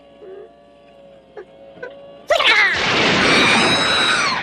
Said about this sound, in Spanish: El disparo causa un cortocircuito en el robot, cubriéndole de chisporroteos que lo paralizan.